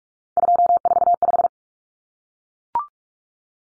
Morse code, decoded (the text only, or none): 245